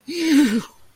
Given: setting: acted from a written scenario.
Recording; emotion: vocal sound without words; triumph